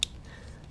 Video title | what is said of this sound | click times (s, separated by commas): Icebear maddog no rev limit cdi install | hear it click when it locks in place | 0.0 s